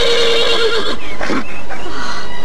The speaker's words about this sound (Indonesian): Kuda itu mengais-ngais kakinya dan sesekali meringkik keras dengan sikap yang kelihatan marah.